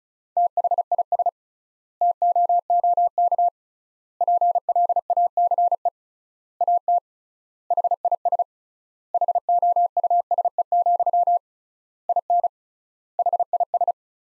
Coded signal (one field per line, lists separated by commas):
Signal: Morse code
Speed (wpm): 36 wpm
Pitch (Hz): 700 Hz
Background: none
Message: THIS TOOK PLACE AT HIS HOUSE, IN HIS